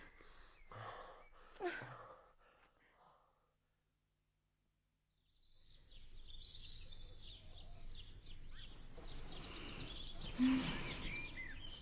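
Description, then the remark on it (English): In the morning, a few soft, scattered bird calls fade into a brief silence, then a dense chorus of many birds swells up, chirping and twittering over one another, steady and fairly loud. “Do you hear the birds? They sound louder than they did yesterday morning.”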